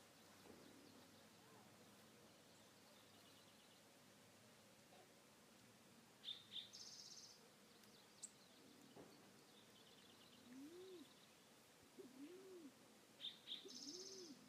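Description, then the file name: Band-tailed pigeon giving a few soft, low arched coos late, with sharp high chips and a buzzy note from another bird. "Band tailed Pigeon Patagioenas fasciata"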